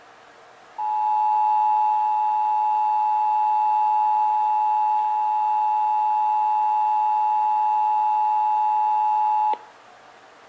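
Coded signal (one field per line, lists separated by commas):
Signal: Emergency Alert System (SAME) tones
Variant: 853 and 960 Hz attention tone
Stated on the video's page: Texas required monthly test as heard on several radio and TV stations, including WBAP, KXAS and WFAA.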